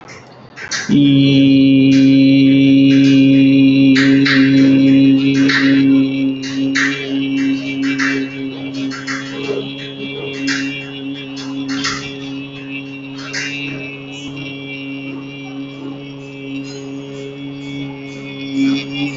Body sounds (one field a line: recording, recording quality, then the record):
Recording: sustained vowel as in beet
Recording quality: excellent, no background noise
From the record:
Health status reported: healthy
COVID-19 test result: negative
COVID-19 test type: RT-PCR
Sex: male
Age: 23 years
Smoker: no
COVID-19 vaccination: one dose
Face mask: not worn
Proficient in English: yes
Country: India